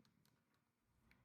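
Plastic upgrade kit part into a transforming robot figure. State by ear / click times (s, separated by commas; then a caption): not seated / none. A plastic Newage H72 Typhon upgrade kit piece sits not fully inserted in a transforming robot figure (Volcanicus/Dinoking) and is being handled before it is pushed home. Quiet, low plastic ticks and handling noise sit over a low background hum, with one brief, faint tick near 1.1 s. Nothing has seated or clicked yet.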